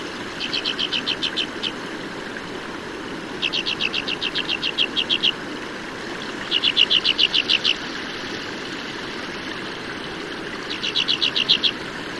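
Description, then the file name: Alpine accentor: four quick series of bright, evenly spaced chirps separated by pauses, with constant background noise. "Sordone"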